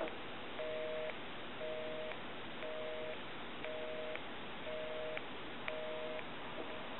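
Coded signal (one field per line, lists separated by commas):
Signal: telephone call progress tone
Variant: North America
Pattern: busy tone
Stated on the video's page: Call progress tone heard on a Kellogg wood wall telephone, model 734510-L, during checkout and repair conversion.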